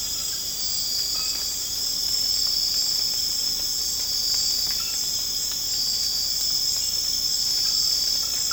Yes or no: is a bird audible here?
no